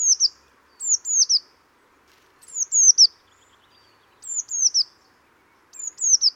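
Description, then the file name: Eurasian blue tit calls: high, thin descending notes given in quick runs of two or three, repeated several times with short pauses, over a faint steady background hiss. "Cyanistes caeruleus"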